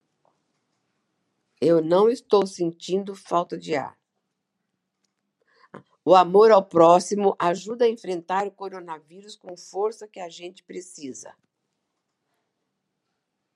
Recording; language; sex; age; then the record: spoken sentence; Brazilian Portuguese; female; 60 to 69 years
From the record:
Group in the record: control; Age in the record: 68 years